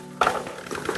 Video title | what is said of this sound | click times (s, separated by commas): Unboxing the ComfyGo MAJESTIC 440 HD Plus ⚡ 440-LB Capacity, Foldable & Remote-Controlled! | You hear it click into place, so now it's connected. | 0.2 s